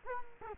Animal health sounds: mosquito wingbeat signal from an infrared sensor; Culex quinquefasciatus

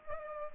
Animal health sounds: mosquito wingbeat signal from an infrared sensor; Culex pipiens

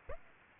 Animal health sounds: mosquito wingbeat signal from an infrared sensor; Aedes aegypti

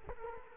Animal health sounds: mosquito wingbeat signal from an infrared sensor; Culex quinquefasciatus

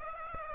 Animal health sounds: mosquito wingbeat signal from an infrared sensor; Aedes aegypti

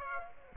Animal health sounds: mosquito wingbeat signal from an infrared sensor; Aedes aegypti

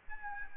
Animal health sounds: mosquito wingbeat signal from an infrared sensor; Aedes albopictus

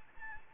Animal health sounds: mosquito wingbeat signal from an infrared sensor; Anopheles gambiae

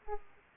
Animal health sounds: mosquito wingbeat signal from an infrared sensor; Aedes aegypti

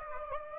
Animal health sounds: mosquito wingbeat signal from an infrared sensor; Aedes aegypti

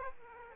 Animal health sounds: mosquito wingbeat signal from an infrared sensor; Aedes aegypti

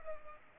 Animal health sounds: mosquito wingbeat signal from an infrared sensor; Culex pipiens

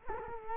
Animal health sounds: mosquito wingbeat signal from an infrared sensor; Culex quinquefasciatus

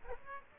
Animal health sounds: mosquito wingbeat signal from an infrared sensor; Aedes aegypti

